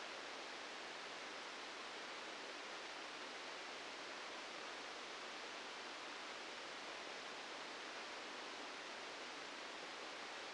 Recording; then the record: brain microelectrode recording played as sound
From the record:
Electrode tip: outside the subthalamic nucleus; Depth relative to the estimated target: -4 mm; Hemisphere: left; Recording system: NeuroSet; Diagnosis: Parkinson's disease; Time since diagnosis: 13 years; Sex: male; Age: 65 years